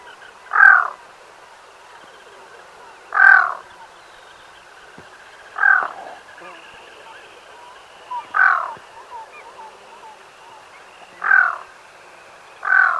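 Black-throated loon making hoarse croaks about every two to three seconds, with faint softer chatter and a thin steady tone behind.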